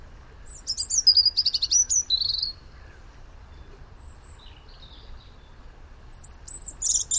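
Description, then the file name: European robin song: a quick burst of thin, high warbled and trilled notes, a faint pause with soft high notes, then another sparkling phrase near the end; low steady background hum. "Erithacus rubecula"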